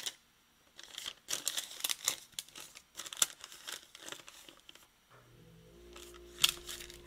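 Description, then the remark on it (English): A sheet of paper with a number saved on it crinkles and rustles in quick, irregular bursts, some sharp and crisp, before the handling eases into softer rustles over a faint, steady low hum. “Okay, I have another number saved on this piece of paper from a long time ago.”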